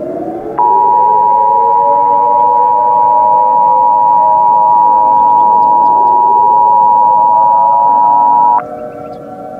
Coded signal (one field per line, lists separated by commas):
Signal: Emergency Alert System (SAME) tones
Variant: 853 and 960 Hz attention tone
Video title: The Year of The End - An EAS Scenario